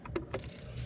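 The folding stem lock on an electric scooter is handled as its folding part is pushed down toward the metal hardware, giving a few short, sharp knocks around 0.2 s and 0.3 s over a low background rumble. Nothing has seated or clicked into place yet.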